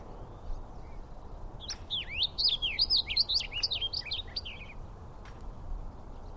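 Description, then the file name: Black-polled yellowthroat giving a single fast, tumbling warble of swooping high notes lasting about three seconds, over faint low rumbling background. "Golosa ptic - Lugovoj maskovyj pevun Geothlypis poliocephala"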